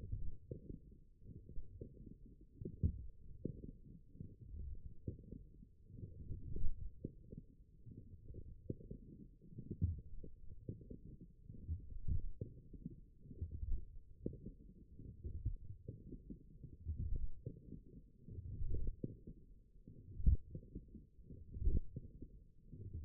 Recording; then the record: forearm muscle sounds (acoustic myography)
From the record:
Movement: forearm pronation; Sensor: system 1, eight BSWA MPA416 microphones around the upper forearm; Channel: 7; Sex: male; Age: 21 years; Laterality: right